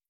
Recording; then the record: hydrophone in a shrimp aquaculture tank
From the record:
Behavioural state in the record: feeding